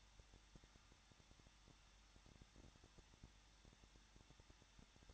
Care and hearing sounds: daily activity, microphone in the room; no activity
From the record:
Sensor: 3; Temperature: 21.2 degrees Celsius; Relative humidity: 36.4%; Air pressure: 1006.4 hPa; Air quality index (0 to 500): 223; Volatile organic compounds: 42 ppm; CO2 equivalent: 3188 ppm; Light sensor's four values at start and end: 2/3/2/2 and 2/3/2/2

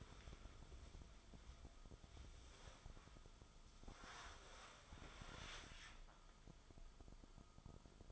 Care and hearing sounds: daily activity, microphone in the room; wipe stove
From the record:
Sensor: 5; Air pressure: 1004.9 hPa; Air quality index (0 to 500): 98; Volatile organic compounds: 2 ppm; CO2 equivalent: 1194 ppm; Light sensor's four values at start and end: 31/71/29/30 and 33/74/31/31

